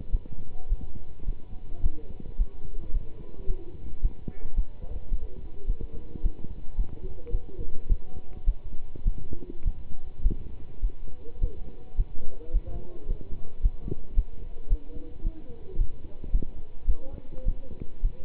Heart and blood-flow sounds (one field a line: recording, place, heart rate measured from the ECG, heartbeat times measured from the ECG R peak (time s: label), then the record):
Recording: heart sounds by stethoscope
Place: between the tricuspid and mitral areas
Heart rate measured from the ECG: 107 bpm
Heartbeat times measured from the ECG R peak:
0.11 s: heartbeat
0.68 s: heartbeat
1.25 s: heartbeat
1.82 s: heartbeat
2.37 s: heartbeat
2.92 s: heartbeat
3.47 s: heartbeat
4.01 s: heartbeat
4.55 s: heartbeat
5.10 s: heartbeat
5.66 s: heartbeat
6.22 s: heartbeat
6.76 s: heartbeat
7.31 s: heartbeat
7.88 s: heartbeat
8.45 s: heartbeat
9.04 s: heartbeat
9.64 s: heartbeat
10.22 s: heartbeat
10.81 s: heartbeat
11.40 s: heartbeat
11.96 s: heartbeat
12.52 s: heartbeat
13.07 s: heartbeat
13.61 s: heartbeat
14.15 s: heartbeat
14.68 s: heartbeat
15.23 s: heartbeat
15.77 s: heartbeat
16.31 s: heartbeat
16.86 s: heartbeat
17.44 s: heartbeat
18.01 s: heartbeat
From the record:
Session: pedaling a stationary bicycle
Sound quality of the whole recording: good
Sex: male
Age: 27 years